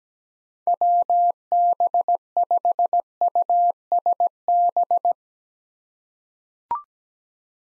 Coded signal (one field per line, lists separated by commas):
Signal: Morse code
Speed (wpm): 17 wpm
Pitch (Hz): 700 Hz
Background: none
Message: WB5USB